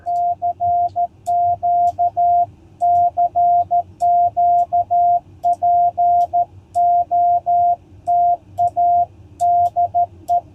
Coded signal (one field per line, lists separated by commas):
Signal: Morse code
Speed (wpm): 13 wpm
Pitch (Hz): 700 Hz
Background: none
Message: CQ CQ POTA DE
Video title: Successful CW POTA Activation at Ft Harrison State Park!